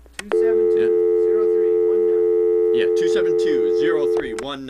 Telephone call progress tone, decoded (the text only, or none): dial tone